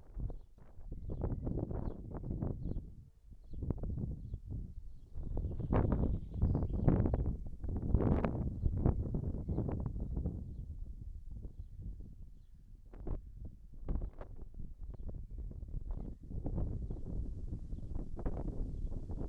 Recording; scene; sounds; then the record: everyday scene through a hearing-aid microphone; wind on the microphone; wind, birds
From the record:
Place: in front of a rural house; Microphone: behind the ear, right, rear